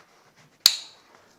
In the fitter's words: very satisfying click and clasp and the nylon